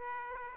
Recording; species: mosquito wingbeat signal from an infrared sensor; Aedes aegypti